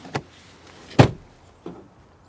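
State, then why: Seated. A rear seatback in a Kia EV6 is lowered from the back of the car using a lever, and it comes down and latches into its folded position at 1.0 s with a sharp, loud thud. A lighter tap comes before it, and a faint knock follows. The seat is locked down and cannot be lifted back up.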